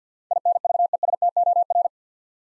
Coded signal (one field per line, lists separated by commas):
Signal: Morse code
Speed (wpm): 50 wpm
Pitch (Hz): 700 Hz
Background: none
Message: INVESTOR